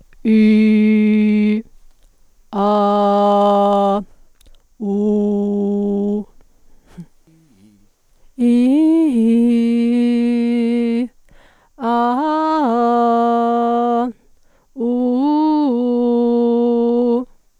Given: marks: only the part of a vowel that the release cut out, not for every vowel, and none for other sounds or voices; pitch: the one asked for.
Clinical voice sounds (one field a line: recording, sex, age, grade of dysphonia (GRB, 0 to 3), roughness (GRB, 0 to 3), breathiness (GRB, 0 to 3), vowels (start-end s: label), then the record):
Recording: sustained vowels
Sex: female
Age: 40 to 49 years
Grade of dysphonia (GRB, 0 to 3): 0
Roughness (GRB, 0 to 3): 0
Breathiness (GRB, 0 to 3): 0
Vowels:
0.37-1.49 s: vowel /i/, low pitch
2.66-3.90 s: vowel /a/, low pitch
4.94-6.12 s: vowel /u/, low pitch
8.56-10.55 s: vowel /i/, low-high-low pitch
11.95-13.95 s: vowel /a/, low-high-low pitch
14.97-16.97 s: vowel /u/, low-high-low pitch
From the record:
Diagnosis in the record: psychogenic dysphonia, hyperfunctional dysphonia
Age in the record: 49 years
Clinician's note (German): Cervicogene Komponente